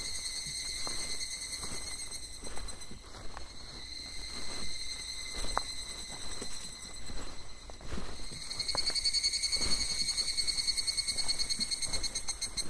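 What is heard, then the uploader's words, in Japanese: Insects buzz in a steady, high-pitched chorus through a summer evening hike, growing louder after eight seconds, with scattered footsteps and faint knocks below. 景信山・高尾山 - VOICE OF MOUNTAIN。夏の夕方、景信山から高尾山を歩いたときにステレオマイクで収録した音声です。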